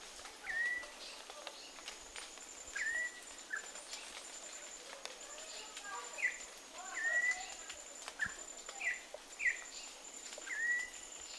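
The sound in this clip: Campo troupial clear whistled notes, several sliding down, in an irregular series over a steady faint high tone.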